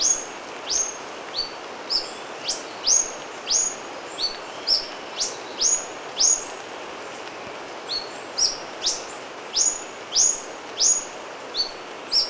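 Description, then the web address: Yellow-throated bush tanager giving high thin notes at two different pitches, in an uneven series against a noticeable background hiss. Ecuador, South America. "Natures Songs S America Birds of Ecuador. Yellow-Throated Bush-Tanager"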